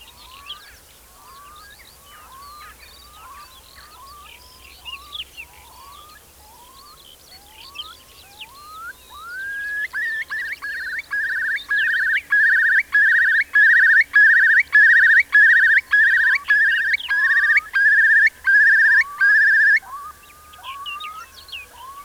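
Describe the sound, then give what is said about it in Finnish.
A Eurasian curlew gives a run of rising whistled calls that build into a loud, rapid bubbling trill of repeated liquid notes, lasting about ten seconds before trailing off. “Usein ehtii vierähtää viikko pari töyhtöhyypän asetuttua omille pelloilleen, ennen kuin seuraava peltojen kahlaaja, kuovi, saapuu.”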